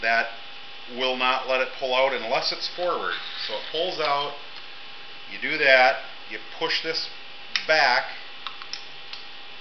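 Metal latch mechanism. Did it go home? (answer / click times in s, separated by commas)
yes / 8.5 s, 8.7 s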